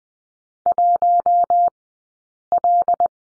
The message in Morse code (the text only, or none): 1L